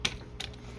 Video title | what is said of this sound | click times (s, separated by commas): Fansproject Protector Armor Review! - Transformers | so clip it in or hook it in and there we go squeeze until it clicks | 0.1 s, 0.4 s